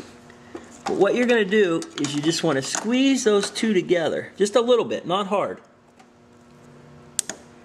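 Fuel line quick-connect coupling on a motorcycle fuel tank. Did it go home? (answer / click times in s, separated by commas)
released / 7.2 s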